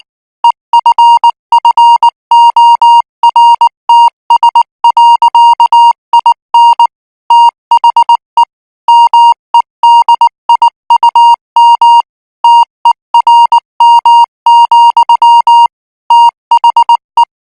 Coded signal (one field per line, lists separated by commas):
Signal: Morse code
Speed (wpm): 19 wpm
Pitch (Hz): 940 Hz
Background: music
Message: EFFORTS. IN THE MEDIUM TERM, THE